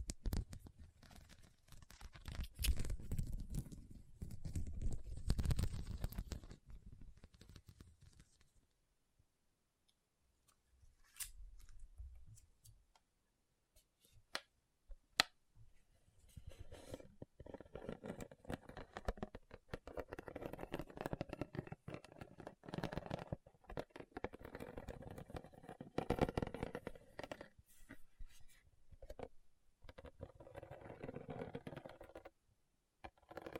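Rhinestones are tapped and scratched in dense bursts of small clicks and rasping scrapes. A louder, low rustling stretch fills the first eight seconds, then near silence with a few sharp taps, and from about sixteen seconds steady brighter scratching continues to the end.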